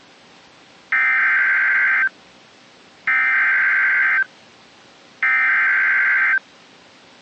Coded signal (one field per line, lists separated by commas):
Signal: Emergency Alert System (SAME) tones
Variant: header bursts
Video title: A REAL PAIN OF EVENTS... (1) || EAS Alerts from 07-28-26 (EAS #262-288)